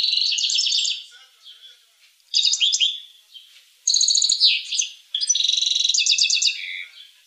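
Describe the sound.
Finch song: four bursts of rapid buzzy trills and twittering notes, each about a second long, with short pauses between them.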